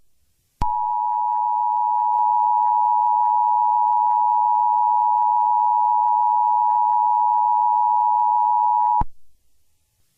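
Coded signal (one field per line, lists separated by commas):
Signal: Emergency Alert System (SAME) tones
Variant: 853 and 960 Hz attention tone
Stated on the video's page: Fictional EAS scenario.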